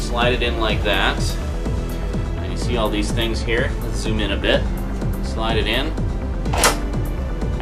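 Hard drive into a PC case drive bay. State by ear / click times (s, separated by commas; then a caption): seated / 6.5 s. A hard drive fitted with side screws is slid into a tool-less drive bay of a PC case while someone talks over background music. It latches with a sharp click at 6.5 seconds and is seated in place.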